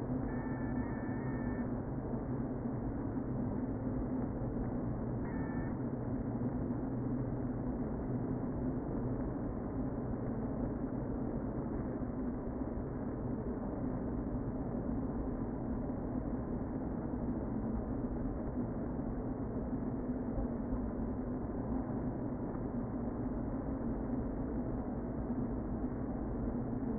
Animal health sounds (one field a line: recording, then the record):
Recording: honeybee colony, microphone inside the hive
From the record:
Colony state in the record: queen present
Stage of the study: before two queens were removed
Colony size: about 60,000 bees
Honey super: yes